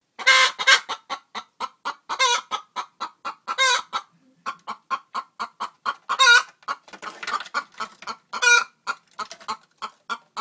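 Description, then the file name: Chickens clucking in quick repeated pulses, with louder harsh squawking cackles breaking in every couple of seconds. Hens. "Poules"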